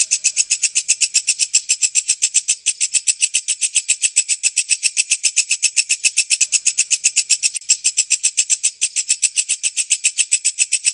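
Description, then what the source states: Bird delivering a fast, steady series of sharp high notes, about four per second, continuing without a break. Masteran sound, used to train songbirds.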